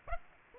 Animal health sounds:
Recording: mosquito wingbeat signal from an infrared sensor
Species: Aedes aegypti

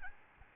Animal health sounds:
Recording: mosquito wingbeat signal from an infrared sensor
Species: Aedes albopictus

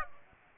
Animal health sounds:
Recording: mosquito wingbeat signal from an infrared sensor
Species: Aedes aegypti

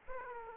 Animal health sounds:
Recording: mosquito wingbeat signal from an infrared sensor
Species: Aedes aegypti

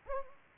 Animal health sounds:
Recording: mosquito wingbeat signal from an infrared sensor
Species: Anopheles gambiae

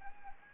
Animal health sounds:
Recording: mosquito wingbeat signal from an infrared sensor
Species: Anopheles arabiensis

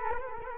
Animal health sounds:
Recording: mosquito wingbeat signal from an infrared sensor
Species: Culex quinquefasciatus

